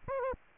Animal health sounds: mosquito wingbeat signal from an infrared sensor; Aedes aegypti

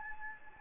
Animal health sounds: mosquito wingbeat signal from an infrared sensor; Anopheles gambiae

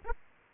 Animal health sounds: mosquito wingbeat signal from an infrared sensor; Aedes aegypti

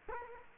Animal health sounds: mosquito wingbeat signal from an infrared sensor; Culex quinquefasciatus

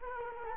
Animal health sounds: mosquito wingbeat signal from an infrared sensor; Culex quinquefasciatus

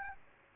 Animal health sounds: mosquito wingbeat signal from an infrared sensor; Aedes aegypti

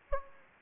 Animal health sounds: mosquito wingbeat signal from an infrared sensor; Anopheles gambiae

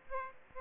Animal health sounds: mosquito wingbeat signal from an infrared sensor; Aedes aegypti

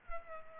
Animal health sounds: mosquito wingbeat signal from an infrared sensor; Culex pipiens

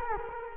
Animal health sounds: mosquito wingbeat signal from an infrared sensor; Culex quinquefasciatus

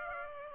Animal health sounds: mosquito wingbeat signal from an infrared sensor; Aedes aegypti

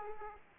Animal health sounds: mosquito wingbeat signal from an infrared sensor; Aedes aegypti

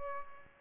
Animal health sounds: mosquito wingbeat signal from an infrared sensor; Aedes aegypti

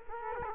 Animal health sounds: mosquito wingbeat signal from an infrared sensor; Culex quinquefasciatus

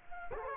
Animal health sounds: mosquito wingbeat signal from an infrared sensor; Culex quinquefasciatus

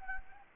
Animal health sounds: mosquito wingbeat signal from an infrared sensor; Anopheles gambiae

